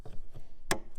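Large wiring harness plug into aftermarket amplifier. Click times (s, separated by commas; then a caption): 0.7 s. A large plastic wiring harness plug is pushed into the socket of an aftermarket Bavsound Revenant amplifier during an F3x car audio install. Faint soft sounds lead up to one sharp, bright click at 0.7 s, followed by a quieter tick near the end. The connector is confirmed seated.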